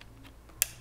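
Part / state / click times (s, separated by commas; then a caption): XLR cable male plug into camcorder audio input / seated / 0.6 s. The male end of an XLR microphone cable is pushed into input one of a JVC HM150 camcorder. Faint low ticks lead up to a single sharp, bright click at 0.6 s as the latch catches, and the plug is seated.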